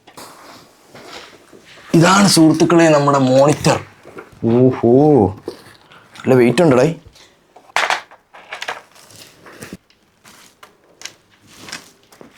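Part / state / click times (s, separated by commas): monitor stand column into stand base / seated / 7.8 s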